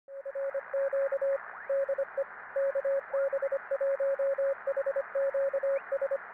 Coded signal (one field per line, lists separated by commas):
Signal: Morse code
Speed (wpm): 25 wpm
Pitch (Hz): 550 Hz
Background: radio noise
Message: RQ DE KB1HQS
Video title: 2020 Field Day & my Salt Water 20m Vertical Antenna